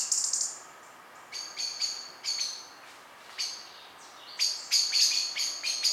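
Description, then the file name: Common blackbird giving bursts of sharp chinking calls, some in quick clusters, with soft gaps, building to a rapid rattling series at the end. "Turdus merula"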